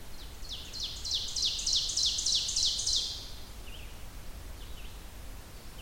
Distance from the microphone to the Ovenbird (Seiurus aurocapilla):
about 45 m